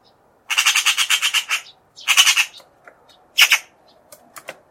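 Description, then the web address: Bird giving loud harsh squawks, a long pulsed rasping burst, then a shorter one and a brief third, followed by faint ticks. "Bird Only"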